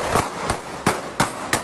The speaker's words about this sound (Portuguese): O que tá acontecendo aqui? Ai, muito tiro.